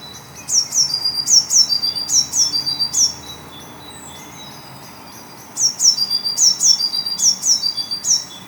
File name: Cyanistes caeruleus